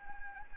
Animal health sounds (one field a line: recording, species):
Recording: mosquito wingbeat signal from an infrared sensor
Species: Anopheles arabiensis